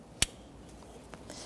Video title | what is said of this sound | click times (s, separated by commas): How to Replace Alternator 2014-2019 Toyota Corolla | Line it up and click it till you hear the snap. | 0.2 s